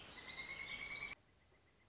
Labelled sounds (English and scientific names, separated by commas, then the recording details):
Pileated Woodpecker (Dryocopus pileatus)
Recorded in Sonoma County, California